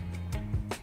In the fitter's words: Okay, it did go ahead and snap in place.